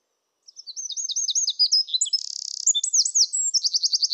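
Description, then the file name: Eurasian wren singing a fast, high-pitched run of sharp twittering notes, broken by a brief buzzy rattle and ending in a quick, evenly spaced trill. "Troglodytes troglodytes"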